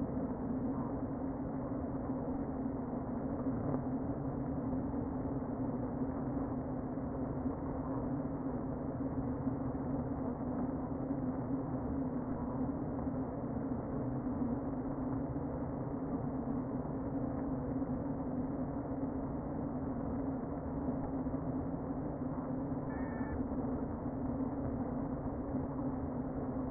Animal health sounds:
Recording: honeybee colony, microphone inside the hive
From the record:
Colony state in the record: queen present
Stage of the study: before two queens were removed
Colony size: about 60,000 bees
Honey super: yes

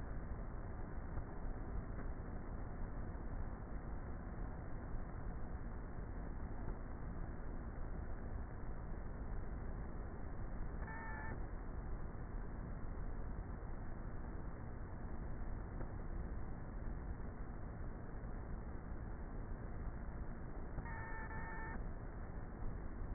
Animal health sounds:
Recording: honeybee colony, microphone inside the hive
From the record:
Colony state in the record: queenless with a low population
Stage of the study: before two queens were removed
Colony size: about 30,000 bees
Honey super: no

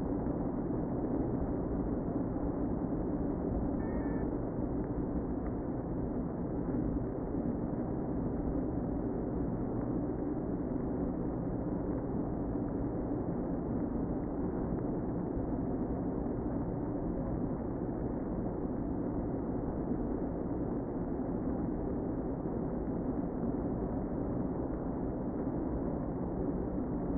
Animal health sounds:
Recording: honeybee colony, microphone inside the hive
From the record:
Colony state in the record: queen present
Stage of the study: before two queens were removed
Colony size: about 60,000 bees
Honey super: yes

